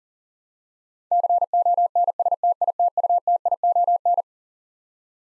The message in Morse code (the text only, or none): CONSTITUTION